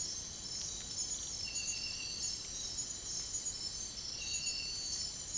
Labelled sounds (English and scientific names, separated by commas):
none